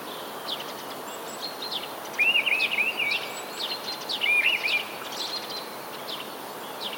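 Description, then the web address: Mistle thrush song, two brief fluty warbling phrases a couple of seconds apart, with faint high chirps and constant hiss behind. "wroblowe kolekcja paszkot"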